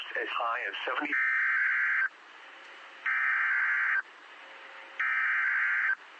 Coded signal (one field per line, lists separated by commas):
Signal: Emergency Alert System (SAME) tones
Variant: header bursts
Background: speech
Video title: Severe Thunderstorm Warning California Noaa Weather Radio Station KIH 62 Fresno CA 4/21/26